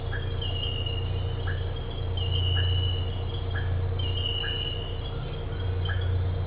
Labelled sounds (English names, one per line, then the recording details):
none
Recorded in dense forest near Puerto Asís, Putumayo, Colombia, on 13 March 2025 at 06:00
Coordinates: 0.468, -76.322
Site GP01